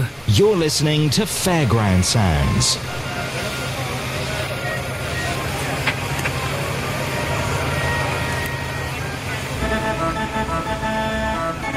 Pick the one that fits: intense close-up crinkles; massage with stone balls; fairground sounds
fairground sounds